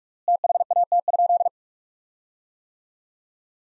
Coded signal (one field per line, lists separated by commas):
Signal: Morse code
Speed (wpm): 46 wpm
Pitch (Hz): 700 Hz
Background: none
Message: THAT?